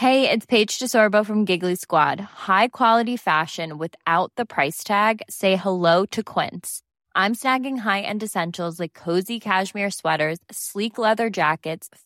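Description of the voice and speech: One adult woman reads a fashion advertisement in clear, fluent, ordinary speech with no disorder heard.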